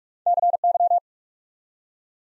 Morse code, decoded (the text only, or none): CY